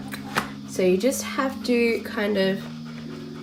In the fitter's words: And then it will slide all the way down until it clicks in.